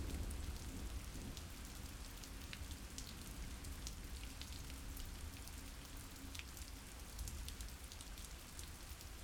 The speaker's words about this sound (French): Dans la rue, dans la nuit, il entend s'emballer le moteur de la pluie et l'infernal balai des ombres suffocantes errer entre les trombes comme des sycophantes aux silhouettes oblongues.